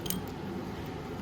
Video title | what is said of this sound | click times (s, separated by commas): How to Replace Throttle Cable on Venom Grizzly 125cc Kids ATV - Venom Motorsports | all the way until you feel it click in | 0.1 s